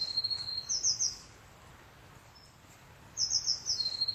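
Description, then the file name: Eurasian blue tit with a drawn-out buzzy trill and a sputtering high note series, then a quiet gap before another high burst and trill. "Cyanistes caeruleus"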